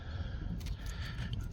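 A factory rear-view camera from a 2021-2025 Chrysler Pacifica is refitted into its plastic mount in the tailgate trim. Over a steady low rumble of background noise and a couple of faint knocks, a short sharp click at 1.3 seconds marks the camera seating in its mount.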